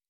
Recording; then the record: hydrophone in a shrimp aquaculture tank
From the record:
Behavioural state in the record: normal